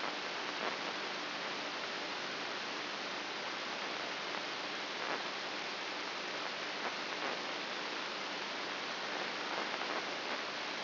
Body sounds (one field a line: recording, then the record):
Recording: brain microelectrode recording played as sound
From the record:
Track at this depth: inside the subthalamic nucleus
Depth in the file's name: 4.04 mm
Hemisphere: right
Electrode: 2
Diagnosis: Parkinson's disease